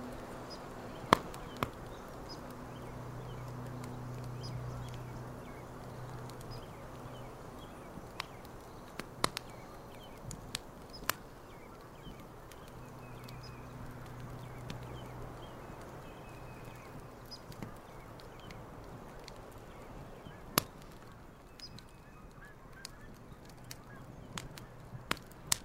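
A campfire burns on a lakeshore, a steady soft hiss with sharp pops and cracks scattered throughout, loudest near 1, 9, 11, 20 and 25 seconds. A low hum swells and fades underneath at around 3 and 13 seconds.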